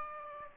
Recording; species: mosquito wingbeat signal from an infrared sensor; Aedes aegypti